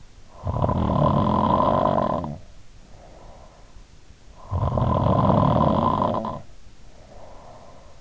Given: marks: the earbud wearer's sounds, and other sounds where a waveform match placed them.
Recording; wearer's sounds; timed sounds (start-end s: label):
sounds in sleep by an in-ear microphone; snoring breath
0.17-3.72 s: snoring breath
4.17-8.01 s: snoring breath